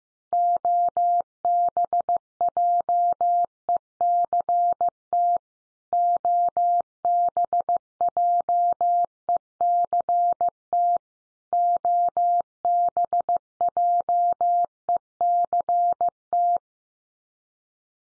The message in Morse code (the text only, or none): OBJECT OBJECT OBJECT